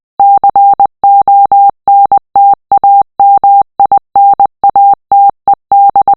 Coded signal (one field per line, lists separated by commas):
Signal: Morse code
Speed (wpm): 20 wpm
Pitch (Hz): 800 Hz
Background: none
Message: CONTAMINATED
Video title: Morse Code Message 002